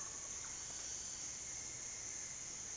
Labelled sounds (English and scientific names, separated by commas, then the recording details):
none
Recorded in dense forest near Puerto Asís, Putumayo, Colombia, on 29 June 2025 at 08:00
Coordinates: 0.484, -76.325
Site H65